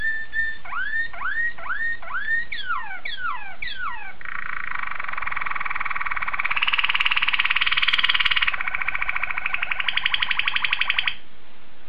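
Canary song opening with repeated upward-curving whistled notes, then downslurred notes and a long fast rattling trill that grows louder before stopping abruptly.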